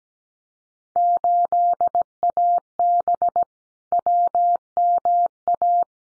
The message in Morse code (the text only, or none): 8AB WMA